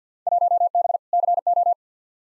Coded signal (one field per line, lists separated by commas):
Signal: Morse code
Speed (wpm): 46 wpm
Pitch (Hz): 700 Hz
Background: none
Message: 1B CO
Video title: Field Day Exchange v2 - 50wpm